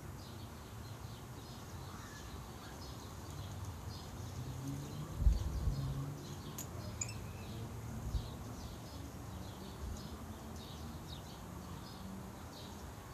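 City sounds from a garden: a steady low rumble of traffic, repeated bird chirps high above, and a couple of sharp knocks around five and eight seconds.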